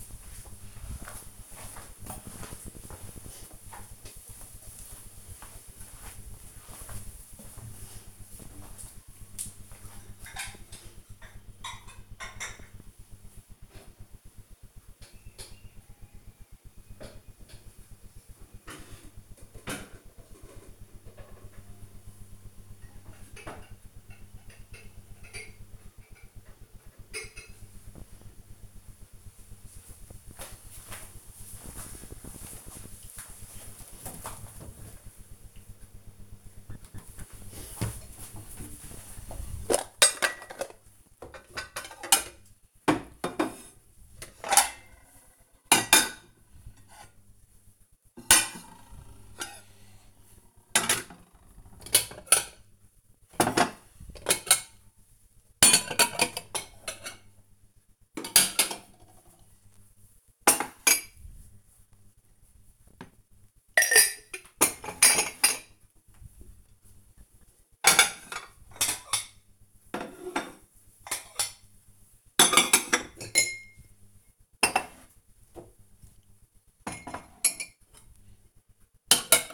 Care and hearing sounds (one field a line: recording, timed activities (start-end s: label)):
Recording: household activities, microphone on the right wrist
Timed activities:
36.03-79.54 s: putting away the dishes